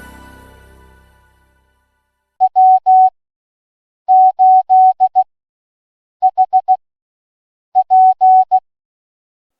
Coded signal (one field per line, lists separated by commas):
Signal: Morse code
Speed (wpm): 16 wpm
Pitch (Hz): 750 Hz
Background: music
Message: W8HP